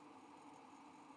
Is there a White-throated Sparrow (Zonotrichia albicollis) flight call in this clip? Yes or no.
no